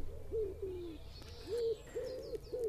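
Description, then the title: Common Wood Pigeon giving muffled, hollow coos in a short broken series, with faint bird calls and low background rumble. Nests in urban areas. "Viikon luontoääni: Sepelkyyhky"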